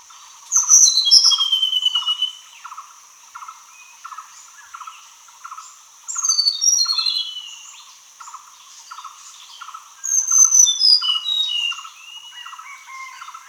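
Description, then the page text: Hill blue flycatcher singing three bright, tumbling whistled phrases that fall in pitch, spaced several seconds apart, with a constant shrill insect hum and regular low ticking behind. "Hill Blue Flycatcher Song. Quick Sounds"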